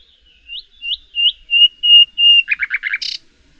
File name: Luscinia megarhynchos